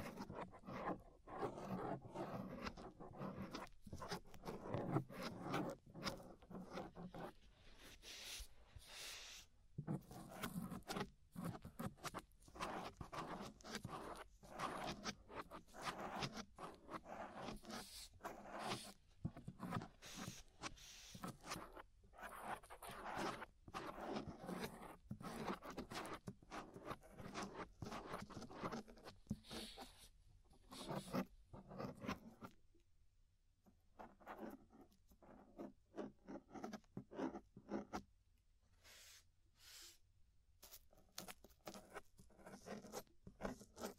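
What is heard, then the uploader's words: Scraping inside the ear, dense rapid rasping strokes that run nearly continuously, easing into sparser, quieter bursts with short gaps after thirty seconds. Inner and Outer Ear Scraping (No Talking).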